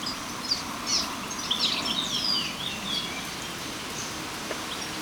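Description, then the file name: European goldfinch calls, a few liquid twittering notes and short downward slurs in the first half, fading to occasional faint chirps against a broad hiss. "Carduelis carduelis"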